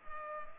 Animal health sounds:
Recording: mosquito wingbeat signal from an infrared sensor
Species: Culex pipiens

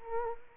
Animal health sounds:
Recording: mosquito wingbeat signal from an infrared sensor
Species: Culex quinquefasciatus

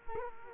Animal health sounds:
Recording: mosquito wingbeat signal from an infrared sensor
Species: Culex quinquefasciatus

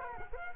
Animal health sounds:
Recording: mosquito wingbeat signal from an infrared sensor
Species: Culex quinquefasciatus

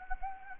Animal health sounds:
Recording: mosquito wingbeat signal from an infrared sensor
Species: Anopheles gambiae

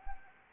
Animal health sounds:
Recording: mosquito wingbeat signal from an infrared sensor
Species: Anopheles arabiensis

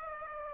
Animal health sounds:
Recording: mosquito wingbeat signal from an infrared sensor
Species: Aedes aegypti

